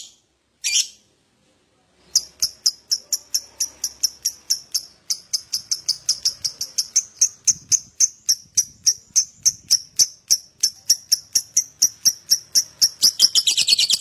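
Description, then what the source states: Lovebird song: a brief burst, a pause, then sharp high chirps repeated about four times a second, speeding up into a dense buzzy rattle at the end. Adult lovebird singing actively (gacor), owor style.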